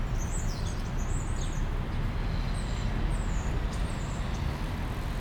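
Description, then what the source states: European starling whistles, a few long high slurred notes dipping and rising, with passing vehicle rumble underneath. Starlings in plane trees, Parc Pierron, Molenbeek-Saint-Jean, Brussels, Belgium; city park with cars, trams and bikes; recorded with Lom mikroUsi AB microphone into Deity PR-2.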